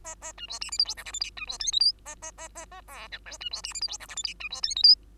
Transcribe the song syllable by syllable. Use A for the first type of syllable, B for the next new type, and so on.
A A B C D E F G H I J K B C L M N A A A A A O P Q B C D E F G H I J K B C L M N